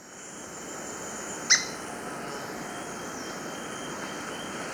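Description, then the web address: White-throated spadebill giving a single sharp, high, squeaky note early on, over a steady background hiss. Recorded in Ecuador, South America. "S America Birds of Ecuador White-Throated Spadebill"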